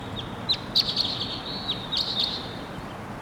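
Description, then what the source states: Crossbill calls: sharp high chip notes at an irregular quick pace with a few brief buzzy bursts, over low background hiss. Wild birds, two males, arriving at 7:03 and perched.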